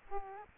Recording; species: mosquito wingbeat signal from an infrared sensor; Aedes aegypti